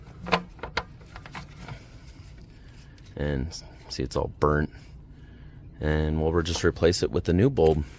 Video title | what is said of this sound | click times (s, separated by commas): How To Change Taillight Bulbs | twist this counterclockwise and you'll hear it click and it just pops out like so | 0.8 s